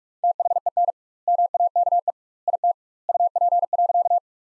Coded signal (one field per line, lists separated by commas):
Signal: Morse code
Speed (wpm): 46 wpm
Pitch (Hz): 700 Hz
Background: none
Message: THEN MAKE IT UP.